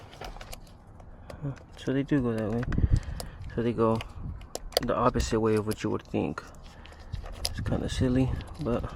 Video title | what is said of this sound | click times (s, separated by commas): How to install carbon fiber steering wheel on a 2024 F150 | there you'll hear it click | 0.4 s